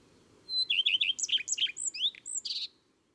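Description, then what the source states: Common redstart song opening with a pure whistle, then repeated downslurred notes and a scratchy, varied twittering finish. Recorded in April.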